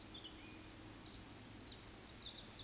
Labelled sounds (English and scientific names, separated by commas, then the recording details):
Eurasian Woodcock (Scolopax rusticola) whistle
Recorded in Baden-Württemberg, Germany, on 13 June 2021 at 19:54 UTC
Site 23718, 552 m above sea level